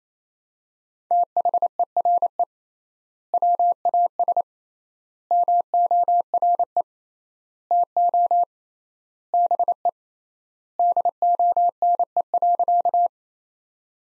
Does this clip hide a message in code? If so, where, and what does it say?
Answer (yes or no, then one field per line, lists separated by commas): yes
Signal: Morse code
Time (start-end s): 1.1-13.1 s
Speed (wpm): 27 wpm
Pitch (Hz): 700 Hz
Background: none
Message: THERE WAS MORE TO BE DONE.